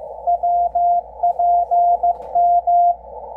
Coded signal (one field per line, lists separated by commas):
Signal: Morse code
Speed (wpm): 14 wpm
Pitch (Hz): 700 Hz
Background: none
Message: WPM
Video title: W1AW Amateur station decoding Yaesu FTdx10 transceiver using attenuator and DNR 80 meters shortwave